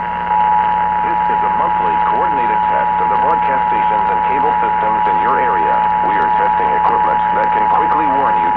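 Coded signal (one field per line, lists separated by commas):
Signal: Emergency Alert System (SAME) tones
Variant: 853 and 960 Hz attention tone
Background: speech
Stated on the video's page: Required Monthly Test on broadcast radio in Utah.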